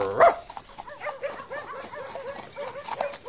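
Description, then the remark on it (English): Garm, Farmer Giles's dog, gives the bark he uses for the other dogs in the village: one loud, sharp bark, followed by a rapid run of short, high-pitched yips and whimpering barks repeating at a steady, excited pace for about three seconds. “The second is for the other dogs in the village.”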